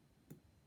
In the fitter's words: you hear that click you